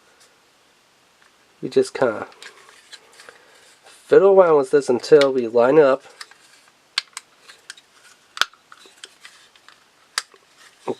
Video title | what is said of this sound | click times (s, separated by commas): UNBOXiNG REViEW OF transformers Cyber Battalion shockwave PT. 1 OF 2. | of hear that little snapping sound which | 7.0 s, 10.2 s